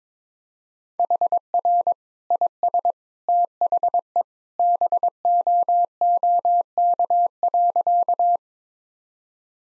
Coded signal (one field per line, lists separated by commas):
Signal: Morse code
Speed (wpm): 22 wpm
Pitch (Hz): 700 Hz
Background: none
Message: HR IS THE BOOK.